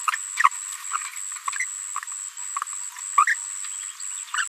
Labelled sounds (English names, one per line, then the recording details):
Green-rumped Parrotlet babbling
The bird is a female
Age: 23 days
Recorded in a nest box in Venezuela
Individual 17B73B2